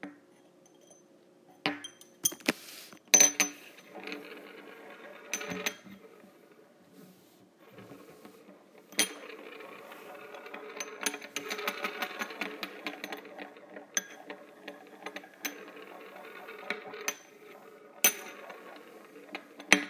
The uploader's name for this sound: ASMR Using Metal Straws